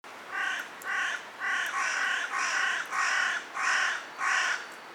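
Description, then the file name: Carrion crow cawing, a series of harsh, drawn-out caws in quick succession, each about half a second long. "Corvus corone"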